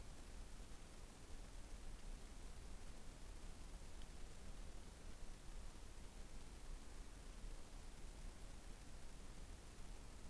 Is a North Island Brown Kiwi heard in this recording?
no